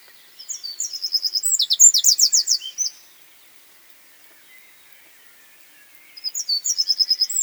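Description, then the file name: Eurasian wren singing a fast, high-pitched trilled phrase of about two and a half seconds, then a pause of about three seconds before another trill begins. "Troglodytes troglodytes"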